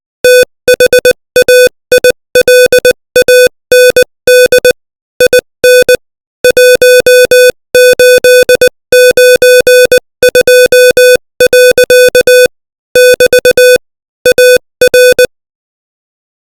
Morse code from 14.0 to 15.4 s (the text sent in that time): AR